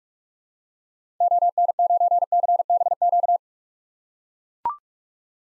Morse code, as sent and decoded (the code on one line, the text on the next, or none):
--- -. ----. -.-. -... --.-
ON9CBQ